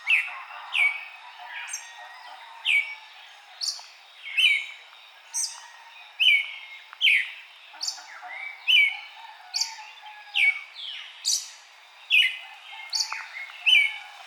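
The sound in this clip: Eastern red-legged thrush calls: bright, slurred notes and sharp high squeaky chips, repeated many times.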